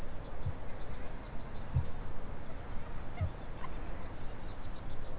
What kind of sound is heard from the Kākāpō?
ching call